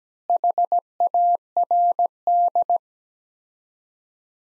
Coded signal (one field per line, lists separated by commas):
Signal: Morse code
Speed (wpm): 17 wpm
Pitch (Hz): 700 Hz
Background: none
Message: HARD